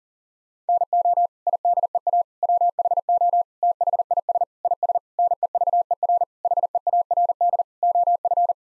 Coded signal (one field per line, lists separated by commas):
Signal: Morse code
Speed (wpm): 37 wpm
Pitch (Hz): 700 Hz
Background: none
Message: NO IDEA WHO THIS IS NEVER HEARD OF